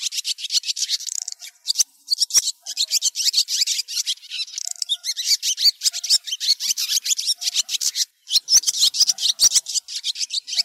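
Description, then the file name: Swallows calling, a constant rush of fast, high, rasping chirps, with brief pauses here and there. Calling to the flock. "Tieng chim en goi bay"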